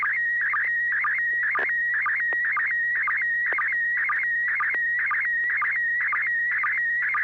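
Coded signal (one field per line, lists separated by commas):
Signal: SSTV (slow-scan television)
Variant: PD120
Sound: warbling electronic tone with steady stretches, sliding pitch, and regular short low blips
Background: low steady hum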